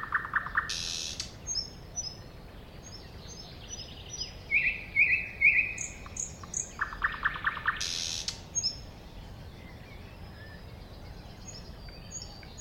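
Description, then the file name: Thrush nightingale song in short bursts: buzzy rattles, a few sharp repeated notes and thin whistles separated by pauses, with steady background hiss. Recorded at a woodland edge next to a lake in 2001. "thrush-nightingale-at-woodland-edge-next-to-the-lake-2001"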